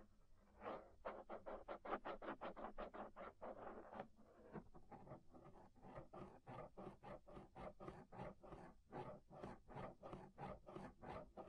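Inner and outer ear scraping: quick, regular rasping strokes repeat steadily, roughly two to three per second, with a brief pause near four seconds.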